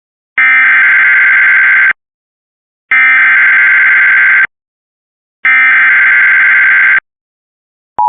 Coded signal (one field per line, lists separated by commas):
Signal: Emergency Alert System (SAME) tones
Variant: header bursts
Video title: Severe Thunderstorm Warning EAS (Cox) 5/2/25 (Credit to WXRchive)